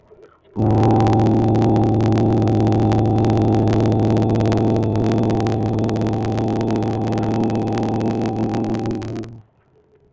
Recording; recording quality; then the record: sustained vowel as in boot; moderate, slight background noise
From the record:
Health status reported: healthy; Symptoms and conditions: none ticked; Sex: male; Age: 18 years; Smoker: not ticked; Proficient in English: yes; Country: India